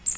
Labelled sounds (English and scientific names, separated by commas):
Magnolia Warbler (Setophaga magnolia) flight call